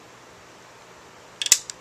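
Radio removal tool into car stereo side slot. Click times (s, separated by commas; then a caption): 1.5 s. A radio removal key is pushed into the slot along the outer side of a Volkswagen Beetle car stereo until it snaps into place behind the dash retainer. After a quiet stretch, short metallic clicks come at 1.4 and 1.5 seconds, the loudest snap lands at 1.5 seconds, and a lighter tick follows at 1.7 seconds. The tool is seated.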